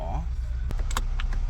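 A replacement clock spring for a 2006 Ford F-350 is handled at the truck's steering column while its pin is lined up with the hole, and someone talks briefly. Short, sharp handling taps sound at about 0.7, 0.9, 1.0, 1.2 and 1.3 seconds over a steady low rumble. Nothing has seated or clicked into place yet.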